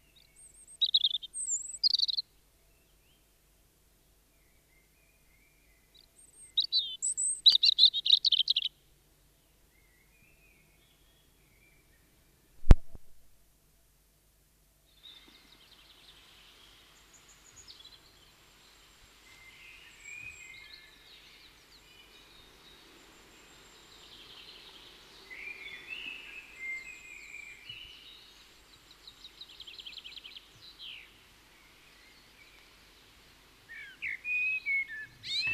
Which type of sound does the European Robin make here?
song